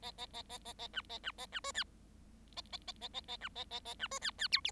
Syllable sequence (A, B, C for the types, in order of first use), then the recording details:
A A A A A A B A B A B C D A A A A A A B A A A B C D D E F. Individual Bird7